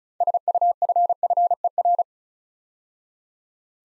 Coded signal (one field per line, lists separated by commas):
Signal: Morse code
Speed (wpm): 36 wpm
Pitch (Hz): 700 Hz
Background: none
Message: SUFFER